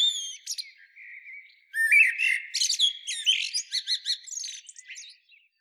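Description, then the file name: Eurasian blackbird song: a soft drawn-out whistle, then a loud mellow warble that dissolves into rapid, high squeaky twitters. "Turdus merula"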